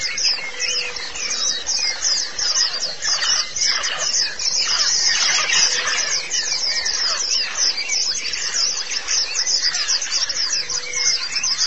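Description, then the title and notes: White-eye song, a dense high twittering over broader mid-pitched noise, with faint brief hums now and then. Chirping song. "Kicauan Burung Pleci Durasi Panjang. Suara kicauan burung pleci"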